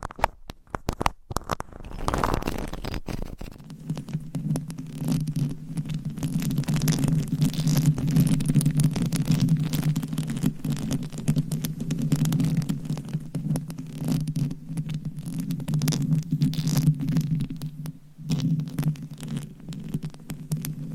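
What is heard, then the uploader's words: Mic scratching and tapping: a few sharp taps open, then a dense, steady low rubbing drone with crackly scratches, easing briefly near eighteen seconds. Mic Scratching & Tapping on 7 Mics with DIY Mic Covers. No Talking.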